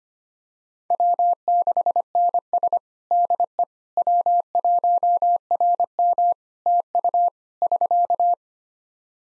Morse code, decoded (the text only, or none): W6NS DE W1RM TU <SK>